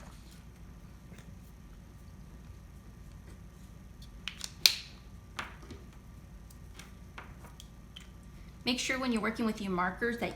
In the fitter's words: you hear the snap when you put your lids back on if you don't hear that snap just like you just heard now